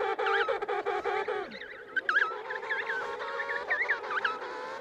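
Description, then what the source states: Emperor penguin colony calls: a loud pulsed, braying call opens, then many wavering, trilled trumpet notes overlap from numerous birds. Colony of emperor penguins at Cape Crozier, Antarctica, studied by researchers.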